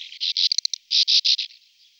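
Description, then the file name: Sand martin calls: short bursts of harsh, buzzy rasps, a few quick clipped notes between them, fading out after about one and a half seconds. "Brehule ricni Riparia riparia"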